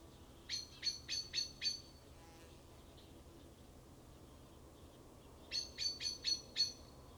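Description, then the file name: Common blackbird delivering two runs of five rapid metallic chinks, separated by a few seconds of quiet. "Turdus merula"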